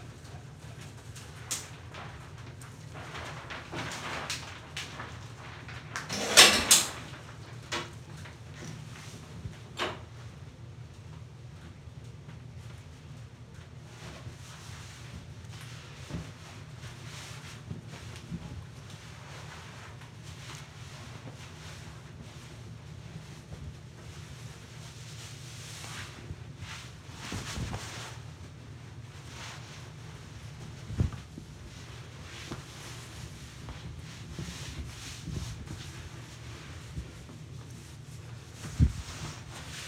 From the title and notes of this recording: ASMR Radio - Quick evening showers. I was listening to the shower water rain down on to my shoulders and I was just about mesmerized .